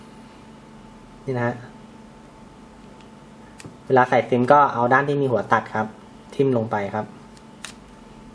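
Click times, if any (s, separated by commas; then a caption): 7.7 s. A SIM card is pushed cut-corner first into the SIM slot of a 7-inch capacitive-screen AllWinner A10 Android 4.0 2G tablet phone and pressed all the way in until it latches. Someone talks, and a short, sharp click at 7.6 s marks the card seating in the slot.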